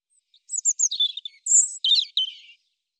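European robin singing a quick, varied phrase of high sweet whistles and fluttering trills, with notes jumping between pitches over about two seconds.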